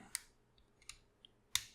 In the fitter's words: take these front pieces pull them out into the side Tillett click into place like that